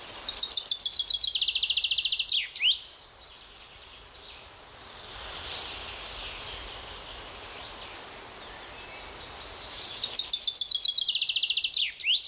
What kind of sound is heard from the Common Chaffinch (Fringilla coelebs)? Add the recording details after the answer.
song. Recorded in the wild. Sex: male. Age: adult. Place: Berlin, OT Karow, Berlin, DE. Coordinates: 52.6228, 13.4597. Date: 1988-05-29 11:21. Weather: sunny, 20-26°C. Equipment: Nagra SN (Automatik), Kopie Tesla B 116. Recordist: Tembrock, Günter. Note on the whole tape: Karower Teiche. Gesang, ein Zyklus: Typ 1, Typ 2, Typ 1